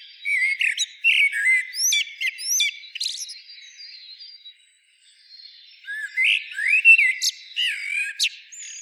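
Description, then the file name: Common blackbird giving sharp, high squeaks and short whistles, a brief pause, then a rich, swooping fluted phrase. "Turdus merula"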